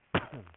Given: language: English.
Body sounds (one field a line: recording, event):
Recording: throat vibration sensor signal played as sound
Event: cough